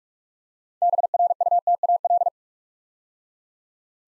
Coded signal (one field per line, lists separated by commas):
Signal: Morse code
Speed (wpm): 44 wpm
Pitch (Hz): 700 Hz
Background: none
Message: BRUTAL